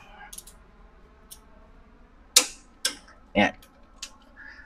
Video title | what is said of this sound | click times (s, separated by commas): Torque Wrench - meron ka ba? | kapag nag-click na yung Torque wrench ibig sabihin yung pwersa na naabot | 2.4 s